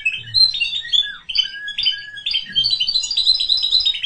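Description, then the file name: Canary song: a fast, varied run of bright chirps, trills and short whistles, with a few sliding notes. "Canary Voice"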